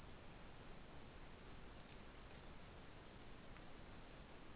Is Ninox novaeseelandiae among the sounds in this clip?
no